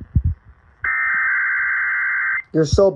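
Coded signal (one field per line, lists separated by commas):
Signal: Emergency Alert System (SAME) tones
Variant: header bursts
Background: speech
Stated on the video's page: Required test of the Emergency Alert System aired on a broadcast station.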